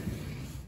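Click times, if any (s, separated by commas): none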